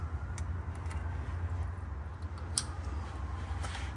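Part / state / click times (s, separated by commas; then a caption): push-to-connect fuel line fitting onto fuel line / seated / 2.6 s. A push-to-connect fitting on the AN6 fuel lines of a TBSS intake on a 2000 Silverado, near a 3/8 line, is pushed home onto its fuel line over a steady low rumble. After a faint tick at 0.4 s, a sharp click at 2.6 s shows the fitting has clicked on and seated.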